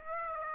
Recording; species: mosquito wingbeat signal from an infrared sensor; Aedes aegypti